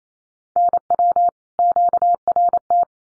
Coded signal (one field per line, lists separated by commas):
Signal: Morse code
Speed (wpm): 28 wpm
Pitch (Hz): 700 Hz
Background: none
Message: NW QRT